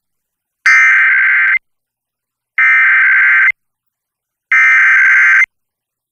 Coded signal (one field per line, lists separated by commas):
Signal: Emergency Alert System (SAME) tones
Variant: header bursts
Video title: Emergency Alert System Roundup 3/3/2021